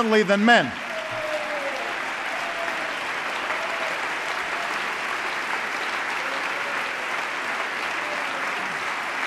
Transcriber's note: applause